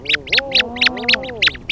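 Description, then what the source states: Rhinoceros Auklet calls: a low, wavering moan rising and falling, overlaid by a series of sharp high peeping notes about four a second. An adult with its chick deep in a burrow on Protection Island, Washington State; recorded during the small hours of a summer night.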